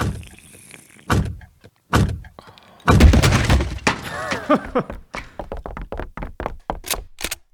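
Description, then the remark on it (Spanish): Heavy blows pound against the door of the mayor's office at Málaga city hall as it is battered down, a few loud thuds followed by a burst of splintering and crashing, then a rapid series of sharp knocks and bangs. “¡Tírenle ese puerta abajo! ¡Tírenla abajo!”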